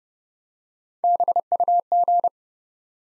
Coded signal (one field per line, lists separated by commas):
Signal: Morse code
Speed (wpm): 30 wpm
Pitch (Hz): 700 Hz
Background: none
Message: BUG